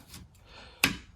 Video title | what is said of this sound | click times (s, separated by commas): 2019 outback windshield wipers installation under 5 minutes. | till it clicks in, snap that in, and then remove | 0.8 s